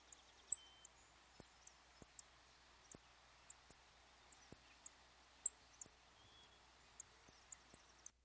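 LeConte's sparrow repeating short, piercing high chips roughly every half second to second, about a dozen in all, with faint softer ticks between them.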